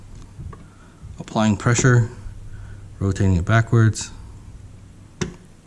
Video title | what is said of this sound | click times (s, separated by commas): Dell Precision T7910: How to replace CPUs | there's that click and then | 5.2 s